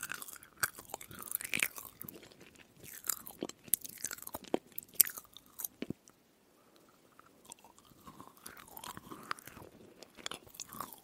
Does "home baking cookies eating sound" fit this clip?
yes